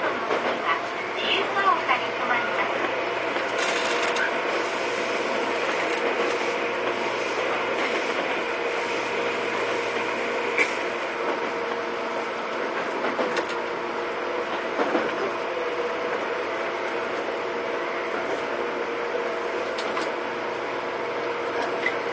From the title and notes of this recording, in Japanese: 東武9000系 小竹向原ー日吉。東京メトロ副都心線→東急東横線の区間で録音。急行運用のため、モーター音が激しいです。